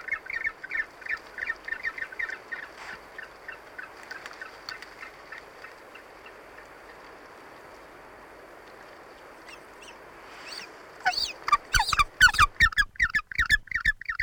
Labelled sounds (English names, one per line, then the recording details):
Yellow-eyed Penguin
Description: Yellow-eyed penguin/hoiho adults and chick
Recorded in New Zealand